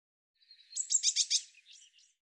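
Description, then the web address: Eurasian blue tit giving a harsh, buzzy chattering call of rapid repeated notes, rising in strength then fading into a few softer scratchy sounds. "cianscape birddata Deverinetal 2025 Bird Cy Ca"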